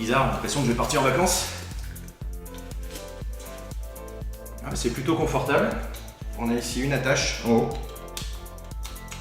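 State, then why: Not seated. The plastic chest-strap buckle on the backpack-style harness of a SUBPAC MX2 wearable bass vest is handled while someone talks over background music, with a few light plastic taps and rustles. Nothing has clicked or seated yet; the buckle is not yet clipped shut by the end.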